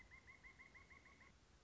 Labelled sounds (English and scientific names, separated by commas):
Pileated Woodpecker (Dryocopus pileatus)